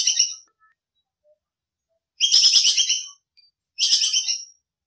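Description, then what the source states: Squirrel chatter: three bursts of rapid, harsh, buzzy trilled notes, each up to about a second long, separated by silent gaps. Masteran training recording of a lively, vigorously calling (gacor) bajing kekes squirrel.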